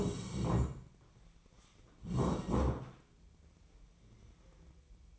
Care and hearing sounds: daily activity, microphone in the room; sit down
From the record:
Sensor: 1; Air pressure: 1012.3 hPa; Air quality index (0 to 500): 171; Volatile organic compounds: 3 ppm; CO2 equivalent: 1406 ppm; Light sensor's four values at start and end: 44/119/48/59 and 44/118/48/59

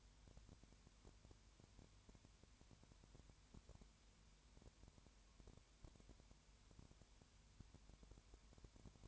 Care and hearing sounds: daily activity, microphone in the room; no activity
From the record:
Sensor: 2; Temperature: 20.3 degrees Celsius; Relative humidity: 33.7%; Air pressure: 1003.1 hPa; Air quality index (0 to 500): 82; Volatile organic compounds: 1 ppm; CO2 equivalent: 785 ppm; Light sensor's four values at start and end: 2/3/2/2 and 2/3/2/2

